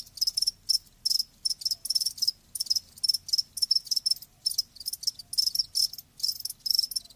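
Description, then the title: Cricket chirps, loud high-pitched pulsed bursts repeated in a very regular rhythm with brief silent gaps between them. Live crickets chirping, a lulling song. "Live Crickets Chirping"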